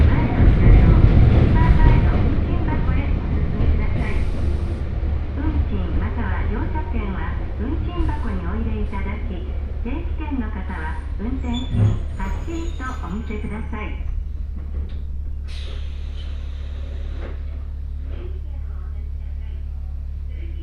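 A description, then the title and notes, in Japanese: A ride on the Hokuriku Railway Ishikawa Line train, with a steady low rumble and hum running the whole way. A louder burst of noise opens it, then a voice announcement, possibly a woman's, runs from about five to fourteen seconds before the hum carries on alone. 鉄道旅 北陸鉄道石川線 野町→鶴来。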